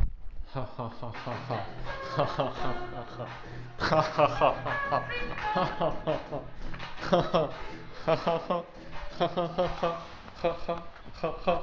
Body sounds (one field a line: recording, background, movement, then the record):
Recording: laughter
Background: music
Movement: walking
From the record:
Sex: male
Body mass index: 23.7 kg/m2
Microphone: on the chest, facing outward